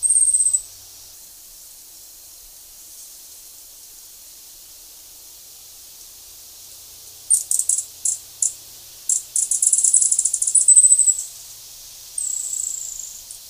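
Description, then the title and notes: Gilded sapphire giving very high-pitched chips: a brief note, a long pause, then a rapid burst of sharp ticks and a short buzzy trill, ending with a drawn-out buzz. "Hylocharis chrysura. Áudio do pio do beija-flor-dourado . Fonte: WikiAves"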